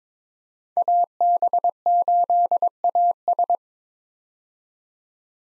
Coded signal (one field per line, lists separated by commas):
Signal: Morse code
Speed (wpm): 22 wpm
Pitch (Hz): 700 Hz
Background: none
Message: AB8AS